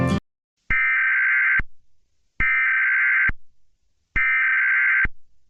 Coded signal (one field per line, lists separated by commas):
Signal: Emergency Alert System (SAME) tones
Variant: header bursts